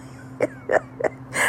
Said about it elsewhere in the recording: The coughing, the clearing my throat. It's freezing cold outside, so I pray to God that I'm not getting re-sick. And I just woke up.